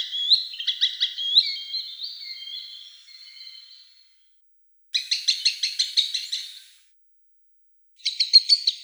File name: Tringa ochropus